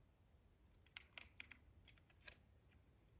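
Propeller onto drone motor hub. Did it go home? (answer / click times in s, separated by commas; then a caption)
no / none. A three-blade plastic Master Airscrew propeller marked with a red dot is being handled and lined up with the small pins on a DJI Avata drone motor hub. Several sharp, short ticks are heard at about 1.0, 1.2, 1.4, 1.5 and 2.3 seconds over a faint steady background hiss. The propeller has not yet seated or clicked into place.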